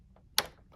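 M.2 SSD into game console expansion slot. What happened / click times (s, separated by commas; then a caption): A small card clicked into its edge connector / 0.4 s. An M.2 SSD is entered at an angle into a game console's expansion slot and pressed firmly into the connector. A sharp, bright click sounds at 0.4 s, with faint softer ticks around it. The SSD is seated in the slot.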